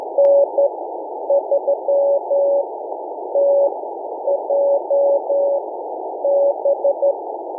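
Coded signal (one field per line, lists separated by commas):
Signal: Morse code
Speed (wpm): 14 wpm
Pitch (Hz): 560 Hz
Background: none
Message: N3TJB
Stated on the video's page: Live Morse code practice session as part of learning CW, preparing for a SOTA activation.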